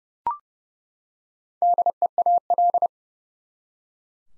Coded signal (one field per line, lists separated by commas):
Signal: Morse code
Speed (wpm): 30 wpm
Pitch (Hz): 700 Hz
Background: none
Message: DEAL